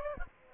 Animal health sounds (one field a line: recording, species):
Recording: mosquito wingbeat signal from an infrared sensor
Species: Aedes aegypti